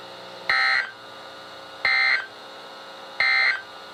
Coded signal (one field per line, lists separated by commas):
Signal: Emergency Alert System (SAME) tones